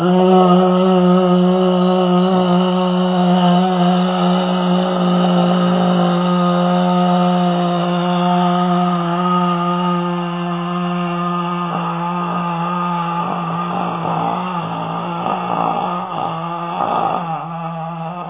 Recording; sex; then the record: sustained vowel /a/; male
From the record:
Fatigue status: fatigue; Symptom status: symptomatic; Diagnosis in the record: COVID-19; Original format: 3gp